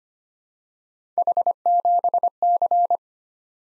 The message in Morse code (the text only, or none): H7C